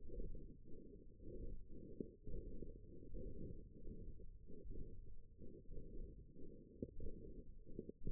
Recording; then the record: forearm muscle sounds (acoustic myography)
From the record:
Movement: hand opening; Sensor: system 1, eight BSWA MPA416 microphones around the upper forearm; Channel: 7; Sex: female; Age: 21 years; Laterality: right